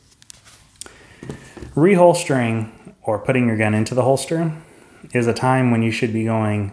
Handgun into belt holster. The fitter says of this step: insert your gun finger off the trigger into your holster going slowly until it clicks into place